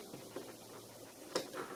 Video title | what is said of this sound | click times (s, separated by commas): Easy Threed K10 - Teardown and reinstall with leveling guide - Perth to Sydney | spin it around till it clicks. | 1.4 s